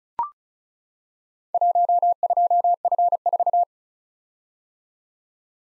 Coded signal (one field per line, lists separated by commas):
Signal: Morse code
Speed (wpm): 36 wpm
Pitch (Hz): 700 Hz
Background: none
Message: 12F4